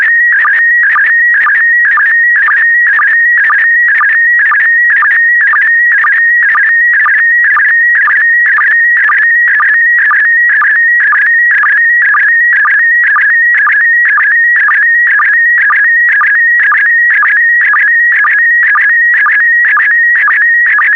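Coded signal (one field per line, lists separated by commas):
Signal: SSTV (slow-scan television)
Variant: PD120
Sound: warbling tone between 1.5 and 2.3 kHz with regular short low sync blips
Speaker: the next image transmission will start in 10 seconds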